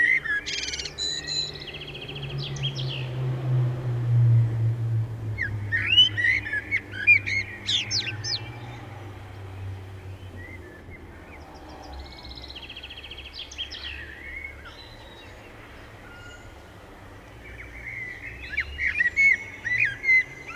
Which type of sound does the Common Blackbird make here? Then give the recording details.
song. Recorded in the wild. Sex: male. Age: adult. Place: Bielefeld-Mitte, Nordrhein-Westfalen, DE. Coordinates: 52.0083, 8.54833. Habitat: residential district. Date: 1971-06-26. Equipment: Uher 4000 Report-S, Bändchenmikro Beyer M 260, Parabolspiegel Polyester (470 mm). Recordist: Conrads, Klaus